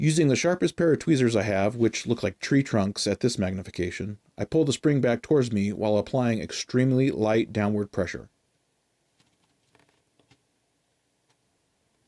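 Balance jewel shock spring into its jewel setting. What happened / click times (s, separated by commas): Tiny spring worked toward its seat, not yet seated / none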